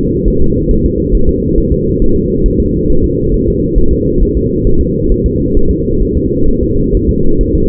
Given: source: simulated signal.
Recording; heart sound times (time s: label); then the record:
fetal heart sounds
0.28 s: S1
0.42 s: S2
0.71 s: S1
0.86 s: S2
1.15 s: S1
1.29 s: S2
1.58 s: S1
1.72 s: S2
2.02 s: S1
2.16 s: S2
2.46 s: S1
2.60 s: S2
2.90 s: S1
3.04 s: S2
3.34 s: S1
3.48 s: S2
3.78 s: S1
3.93 s: S2
4.23 s: S1
4.37 s: S2
4.67 s: S1
4.81 s: S2
5.12 s: S1
5.26 s: S2
5.57 s: S1
5.71 s: S2
6.02 s: S1
6.17 s: S2
6.48 s: S1
6.63 s: S2
6.95 s: S1
7.09 s: S2
7.41 s: S1
7.55 s: S2
From the record:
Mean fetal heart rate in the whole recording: 135 bpm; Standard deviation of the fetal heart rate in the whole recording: 3 bpm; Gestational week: 36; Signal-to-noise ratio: -17.7 dB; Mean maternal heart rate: 72 bpm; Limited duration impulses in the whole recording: present